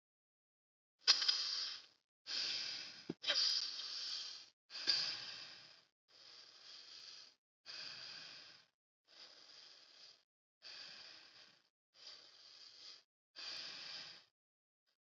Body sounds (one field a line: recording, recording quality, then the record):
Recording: deep breathing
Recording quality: excellent, no background noise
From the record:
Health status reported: healthy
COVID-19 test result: not tested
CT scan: not taken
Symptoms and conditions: none ticked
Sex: female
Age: 23 years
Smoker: no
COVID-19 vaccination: both doses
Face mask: not worn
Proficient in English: yes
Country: India